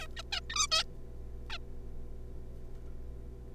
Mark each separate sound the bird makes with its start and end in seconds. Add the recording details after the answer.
0.01-0.06, 0.17-0.22, 0.33-0.40, 0.50-0.55, 0.56-0.67, 0.71-0.83, 1.50-1.58. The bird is a juvenile. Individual R3549